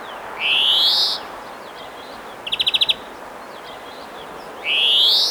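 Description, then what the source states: Bird song with loud upward-sweeping whistles at the start and end and a quick buzzy trill of pulses in the middle, above constant background hiss. Birds singing in the early morning.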